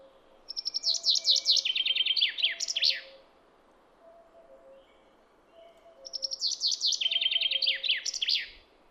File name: Fringilla coelebs